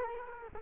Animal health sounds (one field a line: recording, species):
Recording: mosquito wingbeat signal from an infrared sensor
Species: Culex quinquefasciatus